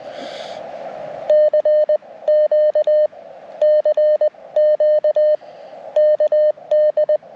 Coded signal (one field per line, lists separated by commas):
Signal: Morse code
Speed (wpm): 20 wpm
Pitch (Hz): 610 Hz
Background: none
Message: CQ CQ KD